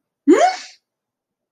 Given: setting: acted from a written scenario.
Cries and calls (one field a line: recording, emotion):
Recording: vocal sound without words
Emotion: negative surprise